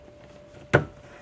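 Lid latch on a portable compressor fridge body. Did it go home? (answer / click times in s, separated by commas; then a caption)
yes / 0.8 s. The plastic lid latch on a Bodegacooler 26 qt IPX4 water-resistant portable compressor fridge freezer catches as the lid is closed, giving a single sharp click at 0.8 s over a quiet background. The latch seats and holds the lid securely, so it won't flop open once closed properly.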